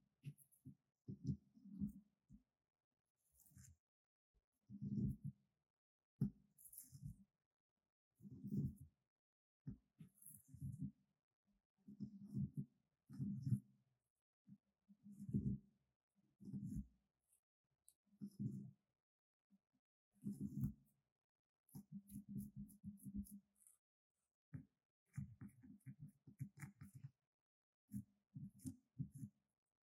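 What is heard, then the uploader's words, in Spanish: Soft scratching on wood, glass and plastic comes in short bursts about every second, low and muffled with faint crisp edges, over silence. Los sonidos de objetos siendo rasguñados con diferentes texturas. Escucharás los sonidos suaves de madera, vidrio, plástico y más.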